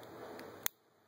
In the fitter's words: give it a good squeeze you hear that click